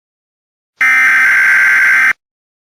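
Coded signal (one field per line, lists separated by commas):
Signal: Emergency Alert System (SAME) tones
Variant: header bursts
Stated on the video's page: Fictional EAS scenario based on the Pinewood Builders computer core game.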